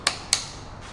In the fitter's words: simply tighten each bolt until the torque wrench clicks